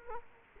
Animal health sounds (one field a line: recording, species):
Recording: mosquito wingbeat signal from an infrared sensor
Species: Culex quinquefasciatus